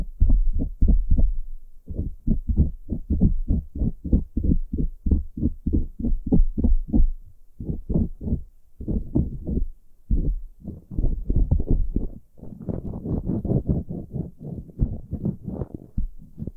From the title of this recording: pure ear picking, heartbeat simulation